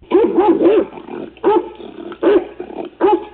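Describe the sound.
Dog barking: a quick run of three rough barks, then three single barks spaced under a second apart, each gruff with a tonal yelp.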